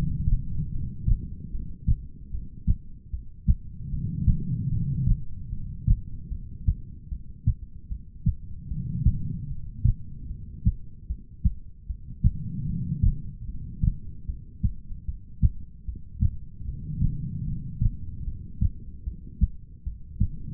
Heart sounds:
heart sounds by stethoscope; 75 bpm
0.71 s: heartbeat
1.51 s: heartbeat
2.30 s: heartbeat
3.10 s: heartbeat
3.90 s: heartbeat
4.70 s: heartbeat
5.49 s: heartbeat
6.29 s: heartbeat
7.08 s: heartbeat
7.88 s: heartbeat
8.68 s: heartbeat
9.48 s: heartbeat
10.27 s: heartbeat
11.07 s: heartbeat
11.86 s: heartbeat
12.66 s: heartbeat
13.46 s: heartbeat
14.26 s: heartbeat
15.05 s: heartbeat
15.85 s: heartbeat
16.65 s: heartbeat
17.45 s: heartbeat
18.24 s: heartbeat
19.04 s: heartbeat
19.83 s: heartbeat
From the record:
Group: heart failure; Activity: breath hold 0-1 s, rest 1-21 s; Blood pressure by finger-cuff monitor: 98/70 mmHg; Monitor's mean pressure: 82 mmHg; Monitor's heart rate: 75 bpm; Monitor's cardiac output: 4.6 L/min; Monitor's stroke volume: 61 mL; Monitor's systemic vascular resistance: 1330 dyn s/cm5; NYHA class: 2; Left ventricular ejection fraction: 58%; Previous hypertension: present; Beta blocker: bisoprolol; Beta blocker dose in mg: 5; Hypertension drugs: ramipril, spironolactone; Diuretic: furosemide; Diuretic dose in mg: 160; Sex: female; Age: 55 years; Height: 155 cm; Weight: 67 kg

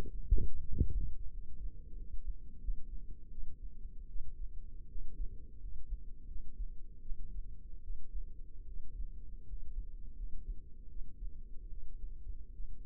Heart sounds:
heart sounds by microphone in the left ear; 81 bpm
0.60 s: heartbeat
1.29 s: heartbeat
1.95 s: heartbeat
2.59 s: heartbeat
3.29 s: heartbeat
4.07 s: heartbeat
4.87 s: heartbeat
5.58 s: heartbeat
6.26 s: heartbeat
7.01 s: heartbeat
7.81 s: heartbeat
8.65 s: heartbeat
9.44 s: heartbeat
10.14 s: heartbeat
10.87 s: heartbeat
11.69 s: heartbeat
12.51 s: heartbeat
From the record:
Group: healthy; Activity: rest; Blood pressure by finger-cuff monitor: 107/58 mmHg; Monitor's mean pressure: 74 mmHg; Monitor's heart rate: 81 bpm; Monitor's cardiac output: 7.4 L/min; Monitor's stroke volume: 92 mL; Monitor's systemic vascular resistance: 710 dyn s/cm5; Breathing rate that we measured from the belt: 16 breaths a minute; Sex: female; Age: 22 years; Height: 160 cm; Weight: 63 kg

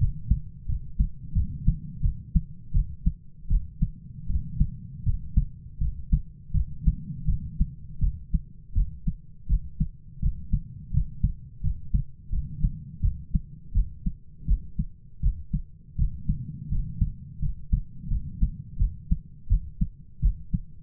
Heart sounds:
heart sounds by stethoscope; 83 bpm
0.67 s: heartbeat
1.34 s: heartbeat
2.02 s: heartbeat
2.73 s: heartbeat
3.49 s: heartbeat
4.28 s: heartbeat
5.04 s: heartbeat
5.79 s: heartbeat
6.53 s: heartbeat
7.26 s: heartbeat
8.00 s: heartbeat
8.74 s: heartbeat
9.48 s: heartbeat
10.21 s: heartbeat
10.92 s: heartbeat
11.62 s: heartbeat
12.31 s: heartbeat
13.01 s: heartbeat
13.73 s: heartbeat
14.46 s: heartbeat
15.21 s: heartbeat
15.97 s: heartbeat
16.69 s: heartbeat
17.40 s: heartbeat
18.09 s: heartbeat
18.77 s: heartbeat
19.48 s: heartbeat
20.20 s: heartbeat
From the record:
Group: healthy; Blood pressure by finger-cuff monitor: 109/63 mmHg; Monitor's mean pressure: 80 mmHg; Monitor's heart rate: 82 bpm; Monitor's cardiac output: 8.3 L/min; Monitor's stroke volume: 102 mL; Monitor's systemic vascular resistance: 700 dyn s/cm5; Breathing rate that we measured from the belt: 11 breaths a minute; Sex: male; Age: 33 years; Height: 179 cm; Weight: 80.4 kg

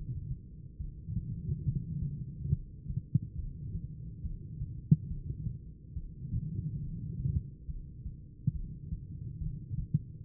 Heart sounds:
heart sounds by stethoscope; 70 bpm
0.76 s: heartbeat
1.62 s: heartbeat
2.48 s: heartbeat
3.34 s: heartbeat
4.20 s: heartbeat
5.07 s: heartbeat
5.93 s: heartbeat
6.79 s: heartbeat
7.65 s: heartbeat
8.51 s: heartbeat
9.37 s: heartbeat
10.24 s: heartbeat
From the record:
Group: heart failure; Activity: rest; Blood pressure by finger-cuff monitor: 156/66 mmHg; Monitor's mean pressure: 104 mmHg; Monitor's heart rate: 70 bpm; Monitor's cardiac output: 11.4 L/min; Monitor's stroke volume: 162 mL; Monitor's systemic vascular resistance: 660 dyn s/cm5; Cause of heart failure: idiopathic cardiomyopathy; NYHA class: 2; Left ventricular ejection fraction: 51%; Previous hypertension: present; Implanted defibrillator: present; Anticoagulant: apixaban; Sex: female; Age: 61 years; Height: 163 cm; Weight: 111 kg

